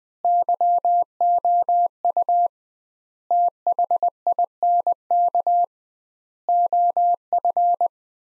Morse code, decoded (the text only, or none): YOU THINK OF